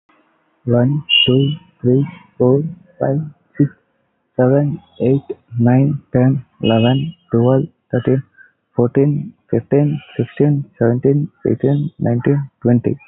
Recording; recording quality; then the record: counting at a normal pace; moderate, slight background noise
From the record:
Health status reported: healthy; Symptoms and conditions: none ticked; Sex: male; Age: 25 years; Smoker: not ticked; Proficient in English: yes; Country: India